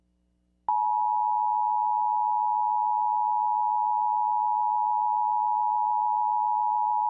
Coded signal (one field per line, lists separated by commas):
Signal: Emergency Alert System (SAME) tones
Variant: 853 and 960 Hz attention tone